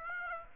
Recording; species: mosquito wingbeat signal from an infrared sensor; Aedes aegypti